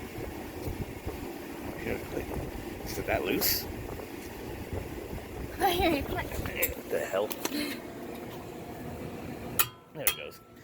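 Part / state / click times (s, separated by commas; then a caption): torque wrench on wheel lug nut / torque reached / 9.6 s, 10.1 s. Someone talks while lug nuts on a Chevy car wheel are tightened with a torque wrench whose ratchet part is broken, over steady broadband background noise. The wrench is turned until it clicks sharply at its set torque at 9.6 s and again at 10.1 s, confirming it is clicking.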